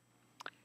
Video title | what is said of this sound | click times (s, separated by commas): Getting to Know the Profoto A10 Flash | the Dome the Dome clicks | 0.4 s, 0.5 s